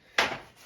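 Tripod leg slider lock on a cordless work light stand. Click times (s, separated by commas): 0.2 s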